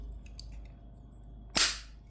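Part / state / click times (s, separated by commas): glass front panel onto wall switch / seated / 1.6 s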